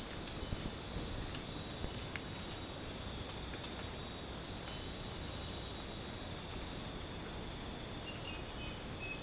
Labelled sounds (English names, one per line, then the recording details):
none
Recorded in secondary vegetation near Puerto Asís, Putumayo, Colombia, on 22 December 2024 at 23:30
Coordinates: 0.481, -76.318
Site G042